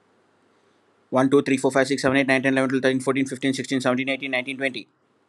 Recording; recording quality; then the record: counting at a fast pace; excellent, no background noise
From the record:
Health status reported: healthy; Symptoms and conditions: hypertension, diabetes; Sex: male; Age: 46 years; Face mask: not worn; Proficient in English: yes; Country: India